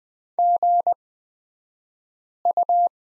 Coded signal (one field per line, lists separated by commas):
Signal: Morse code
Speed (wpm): 20 wpm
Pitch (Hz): 700 Hz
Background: none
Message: GU